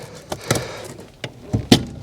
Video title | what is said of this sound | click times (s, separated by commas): KEI VAN AUTOMATIC TO MANUAL -PEDAL INFO AND PEDAL SWAP- DA52V TURBO SUZUKI EVERY | we go could you hear it pop | 1.7 s